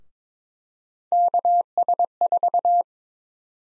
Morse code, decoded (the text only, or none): KS4